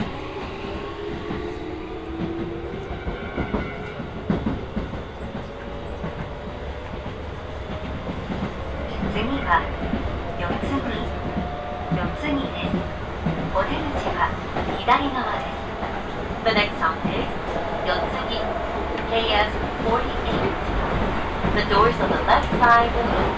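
A train ride from Higashi-Matsudo toward Ningyocho on the Hokuso and Toei Asakusa lines, with a steady low rumble of wheels and motor throughout. Rising whines sweep across the first seconds, and clicks and rattles grow denser and louder after about ten seconds, with faint voices underneath.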